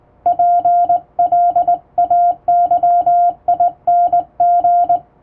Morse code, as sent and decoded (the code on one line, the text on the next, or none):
.--. .-.. .- -.-- .. -. --.
PLAYING